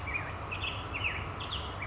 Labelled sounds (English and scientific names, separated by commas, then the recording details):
Black-headed Grosbeak (Pheucticus melanocephalus)
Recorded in Sonoma County, California